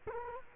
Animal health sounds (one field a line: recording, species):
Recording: mosquito wingbeat signal from an infrared sensor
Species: Culex quinquefasciatus